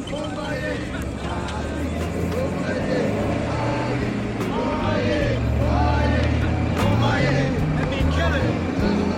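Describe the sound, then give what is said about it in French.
Several cars, a Citroën DS escorted by other cars, roll slowly past in a procession along a main city avenue, their engines a steady low rumble that swells toward the middle, while a crowd chatters continuously underneath. “Quelques centaines de mètres de là, sur l'une des principales avenues de la ville, une Citroën DS passe au ralenti, escortée par plusieurs autres voitures.”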